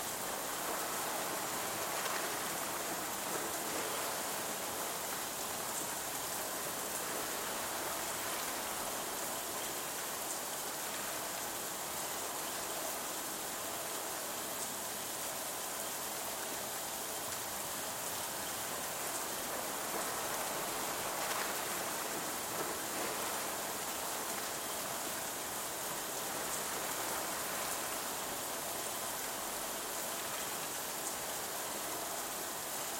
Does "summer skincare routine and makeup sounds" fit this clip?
no